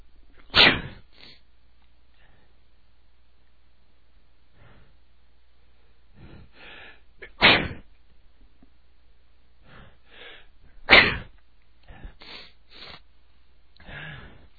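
Three sharp, explosive sneezes in a row from an adult man, spaced roughly three to seven seconds apart, each with quick, breathy intakes of air around it, against a quiet background.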